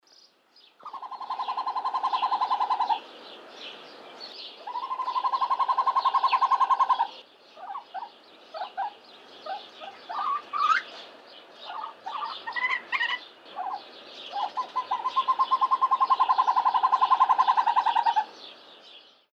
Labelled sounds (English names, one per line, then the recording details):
Northern Hawk-Owl
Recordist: Tembrock, Günter
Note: Rufreihe